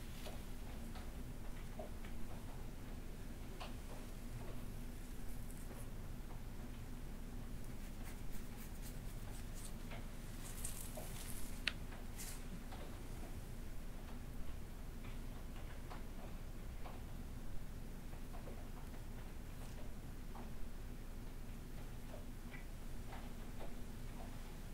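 Hair play with back scratching and massage: a steady low hum runs throughout under soft, continuous rustling and brushing. Short scratchy strokes and light taps come every second or two, with a brighter, crisper burst of scratching around the eleventh to twelfth second.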